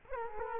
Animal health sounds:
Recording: mosquito wingbeat signal from an infrared sensor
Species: Culex quinquefasciatus

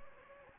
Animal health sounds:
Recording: mosquito wingbeat signal from an infrared sensor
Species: Anopheles gambiae

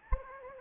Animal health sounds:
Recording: mosquito wingbeat signal from an infrared sensor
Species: Anopheles gambiae

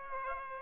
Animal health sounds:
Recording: mosquito wingbeat signal from an infrared sensor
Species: Aedes aegypti

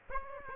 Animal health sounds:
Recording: mosquito wingbeat signal from an infrared sensor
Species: Aedes aegypti

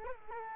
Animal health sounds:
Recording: mosquito wingbeat signal from an infrared sensor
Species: Culex quinquefasciatus

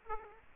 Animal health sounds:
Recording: mosquito wingbeat signal from an infrared sensor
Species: Aedes aegypti

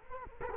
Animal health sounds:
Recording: mosquito wingbeat signal from an infrared sensor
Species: Culex quinquefasciatus

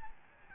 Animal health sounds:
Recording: mosquito wingbeat signal from an infrared sensor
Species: Aedes albopictus

